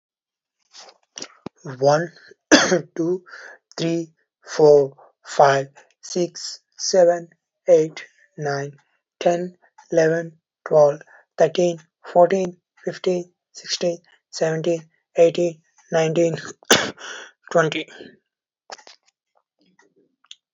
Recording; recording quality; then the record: counting at a normal pace; excellent, no background noise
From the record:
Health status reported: healthy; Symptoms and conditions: cough, sore throat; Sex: male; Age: 26 years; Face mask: not worn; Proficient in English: yes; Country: India